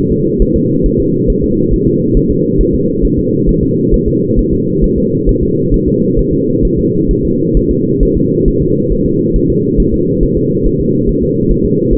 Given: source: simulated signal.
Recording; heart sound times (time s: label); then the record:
fetal heart sounds
0.12 s: S2
0.42 s: S1
0.56 s: S2
0.86 s: S1
1.00 s: S2
1.30 s: S1
1.44 s: S2
1.73 s: S1
1.87 s: S2
2.17 s: S1
2.31 s: S2
2.61 s: S1
2.74 s: S2
3.05 s: S1
3.19 s: S2
3.49 s: S1
3.63 s: S2
3.94 s: S1
4.08 s: S2
4.39 s: S1
4.53 s: S2
4.84 s: S1
4.98 s: S2
5.29 s: S1
5.43 s: S2
5.74 s: S1
5.88 s: S2
6.19 s: S1
6.33 s: S2
6.65 s: S1
6.79 s: S2
7.11 s: S1
7.25 s: S2
7.57 s: S1
7.71 s: S2
8.03 s: S1
8.17 s: S2
8.48 s: S1
8.62 s: S2
8.92 s: S1
9.06 s: S2
9.36 s: S1
9.50 s: S2
9.80 s: S1
9.94 s: S2
10.23 s: S1
10.37 s: S2
10.66 s: S1
10.80 s: S2
11.09 s: S1
11.23 s: S2
11.52 s: S1
11.65 s: S2
11.93 s: S1
From the record:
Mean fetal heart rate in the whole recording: 135 bpm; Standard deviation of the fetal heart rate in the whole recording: 3 bpm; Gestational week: 36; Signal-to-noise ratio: -11.2 dB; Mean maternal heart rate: 72 bpm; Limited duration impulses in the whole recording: present